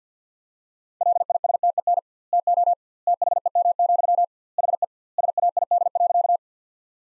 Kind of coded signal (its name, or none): Morse code